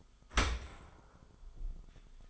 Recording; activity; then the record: daily activity, microphone in the room; open dishwasher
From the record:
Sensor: 5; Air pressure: 1004.7 hPa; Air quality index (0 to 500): 92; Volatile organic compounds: 2 ppm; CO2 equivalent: 1111 ppm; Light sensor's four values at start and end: 33/76/31/30 and 32/75/30/30